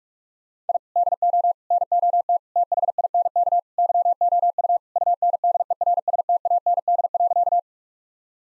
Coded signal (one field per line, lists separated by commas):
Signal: Morse code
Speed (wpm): 43 wpm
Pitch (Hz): 700 Hz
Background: none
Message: I DO NOT THINK YOU UNDERSTAND.